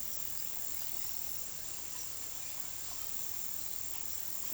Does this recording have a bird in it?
no